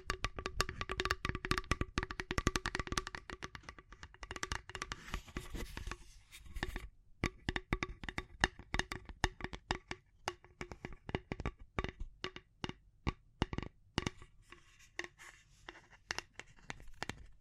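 Rapid, uneven tapping with light scratching in between, the taps thinning out after six seconds with a brief pause around seven.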